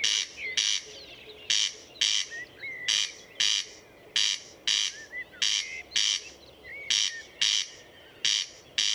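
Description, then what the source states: Corn crake's harsh, scraping paired calls repeated regularly, interspersed with short rising whistles from other birds. Recorded at Murnauer Moos, Germany, on 29 May 2014.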